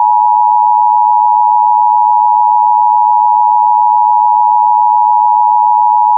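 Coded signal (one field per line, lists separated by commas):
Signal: Emergency Alert System (SAME) tones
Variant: 853 and 960 Hz attention tone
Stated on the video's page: Fictional EAS scenario themed on the film Turning Red.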